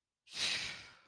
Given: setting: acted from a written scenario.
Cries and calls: vocal sound without words; serenity

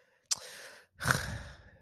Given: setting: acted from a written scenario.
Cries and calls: vocal sound without words; contempt

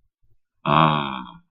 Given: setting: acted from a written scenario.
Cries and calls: vocal sound without words; adoration

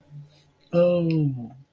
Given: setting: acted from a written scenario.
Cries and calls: vocal sound without words; guilt

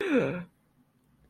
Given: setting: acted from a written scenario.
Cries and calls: vocal sound without words; positive surprise

